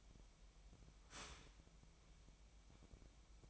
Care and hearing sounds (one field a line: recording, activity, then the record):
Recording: daily activity, microphone in the room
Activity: start toaster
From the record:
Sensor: 1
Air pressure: 1002.0 hPa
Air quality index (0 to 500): 238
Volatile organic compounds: 43 ppm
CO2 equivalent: 3192 ppm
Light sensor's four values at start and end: 10/36/13/15 and 10/36/13/15